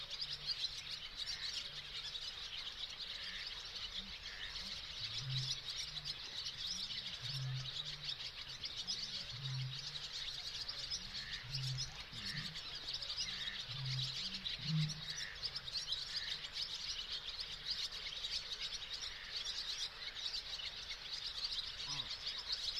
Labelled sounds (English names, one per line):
Barn Swallow song